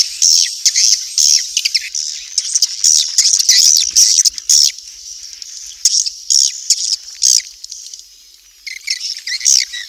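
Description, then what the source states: Swiftlet chirping, sharp high twitters repeated in quick bursts, some trilled, with a lull near the end. Swiftlet sound used for swiftlet bird farming in Asia.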